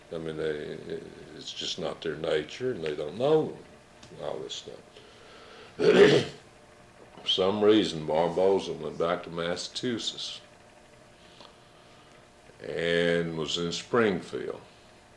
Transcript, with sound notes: I mean, it's just not their nature, and they don't know all this stuff. [clears throat] For some reason, Barboza went back to Massachusetts. And was in Springfield,